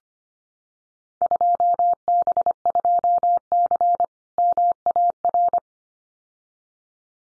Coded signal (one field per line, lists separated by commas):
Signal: Morse code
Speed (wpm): 25 wpm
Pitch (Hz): 700 Hz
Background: none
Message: 2B2C MAR